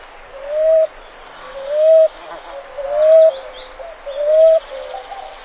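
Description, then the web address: Common ground-dove giving four soft, upslurred hollow coos at an even pace, about one per second, with light high bird twitters in the background. North America. "Songs of Birds of North America Stokes. Common Ground-Dove"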